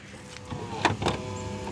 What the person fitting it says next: I'm not sure if you could hear the motor going, but you can hear it latch itself in to lock.